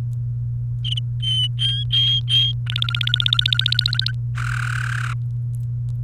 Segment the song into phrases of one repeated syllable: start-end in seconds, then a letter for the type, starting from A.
1.23-2.52 A, 2.67-4.12 B, 4.38-5.13 C